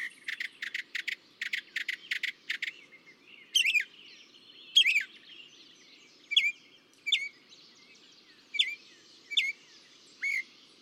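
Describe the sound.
Northern mockingbird song: a burst of clicking, chattering notes, then scattered sharp downslurred whistles spaced apart.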